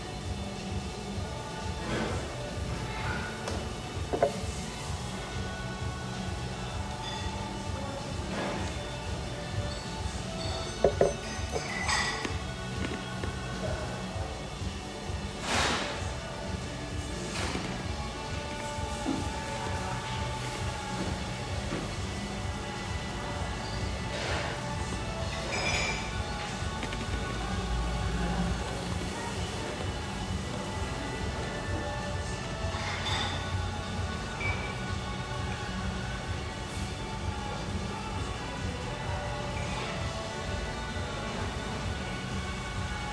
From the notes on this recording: the pleasant hum in this lovely espresso house near the Vancouver riverfront